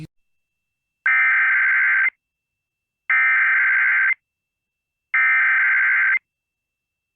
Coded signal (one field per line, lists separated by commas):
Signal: Emergency Alert System (SAME) tones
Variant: header bursts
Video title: EAS Required Monthly Test Wisconsin NOAA Weather Radio KIG64 Duluth/WNG683 +WeatherSTAR4000